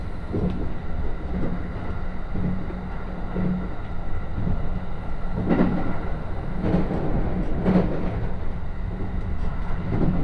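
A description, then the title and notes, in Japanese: Inside a moving train, a steady low rumble fills the car with a continuous hum. Rhythmic clunks and brief clatters from the wheels over the rails come every second or so, with sharper bursts near five and a half and eight seconds. 鉄道旅 宇都宮線 浦和→古河。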